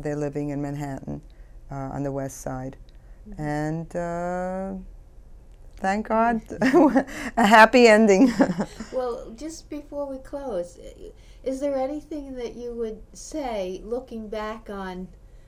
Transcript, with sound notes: living in Manhattan on the West Side. And, thank God, (she laughs) a happy ending.
Well, just before we close, is there anything that you would say, looking back on